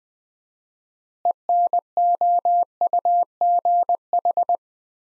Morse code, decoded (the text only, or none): ENOUGH